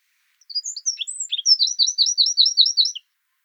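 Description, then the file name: Eurasian wren song: scattered high whistles and chips that speed into a fast, rattling run of sharp repeated notes. "Troglodytes troglodytes"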